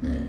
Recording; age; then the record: pig call; growing-finishing pig (85 days or more)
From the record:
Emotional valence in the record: negative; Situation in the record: barren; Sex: male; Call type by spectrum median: low-frequency call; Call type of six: low-frequency stable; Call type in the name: low-frequency stable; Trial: 4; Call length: 0.29 s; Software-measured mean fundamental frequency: 57 Hz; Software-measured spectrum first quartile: 87 Hz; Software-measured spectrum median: 205 Hz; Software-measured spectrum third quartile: 303 Hz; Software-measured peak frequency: 252 Hz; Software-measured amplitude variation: 94 dB a second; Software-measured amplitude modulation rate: 17.3 a second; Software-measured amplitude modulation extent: 5.4 dB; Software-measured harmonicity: -1.3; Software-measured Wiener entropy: -0.54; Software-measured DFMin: 777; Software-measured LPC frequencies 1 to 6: 283, 1821, 3276, 4139, 4653, 5731 Hz